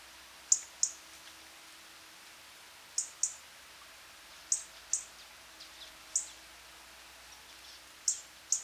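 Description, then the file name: European robin giving very high, thin, short calls, mostly in quick pairs every two seconds or so, over a faint steady hum. "Erithacus rubecula"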